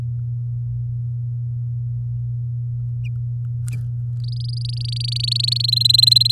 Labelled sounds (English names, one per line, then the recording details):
Domestic Canary song
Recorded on 8 May 2018 at 15:30
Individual llb16